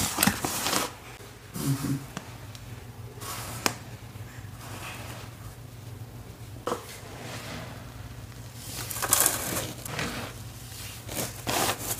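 Cornstarch being crushed and crunched, with short gritty bursts at the start, around 2 and 3.5 seconds, near 6.7 seconds, and a denser stretch of crackling from 8.5 to 10 seconds. Quieter scraping fills the gaps over a steady low hum.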